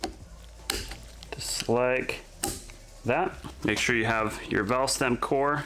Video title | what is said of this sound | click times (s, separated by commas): Give your dirtbike shock a clean look! | should hear it snap into place like | 0.7 s